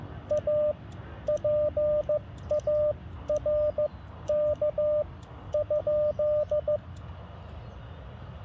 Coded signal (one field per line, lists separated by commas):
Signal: Morse code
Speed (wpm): 15 wpm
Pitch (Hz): 600 Hz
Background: radio noise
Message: A PARK?